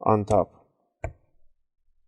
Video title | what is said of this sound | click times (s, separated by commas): HOW TO CLEAN AND REPASTE YOUR XBOX One X Series FULL Guide | and you should hear a click do the same thing on this one put your thumb there beside it and then | 1.0 s